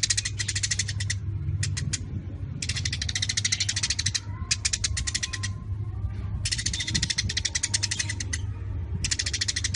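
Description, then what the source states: Eurasian tree sparrow giving fast, crowded harsh chatter in repeated short bursts separated by brief gaps, with a constant low-pitched hum underneath. Sparrow in full voice ('gacor'), chattering rapidly and densely ('nyecret rapat').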